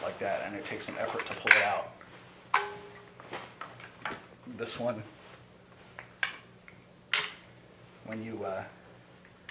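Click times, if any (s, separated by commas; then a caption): none. A 1/4-inch cable plug is pushed into the worn, faulty output jack of a 1997 Parker Fly Artist guitar while someone talks. Several short, sharp taps and knocks are heard, but nothing seats or clicks: the plug goes in with little effort and falls out when touched.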